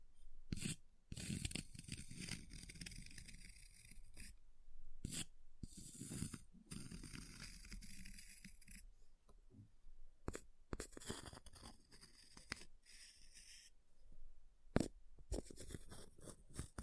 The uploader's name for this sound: Ice Tapping, Scratching, Carving Sounds